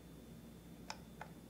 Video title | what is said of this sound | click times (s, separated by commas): Accessory That Powers Your Canon DSLR for Over 8 Hours | on it just pops right in and then I have another uh | 0.9 s, 1.2 s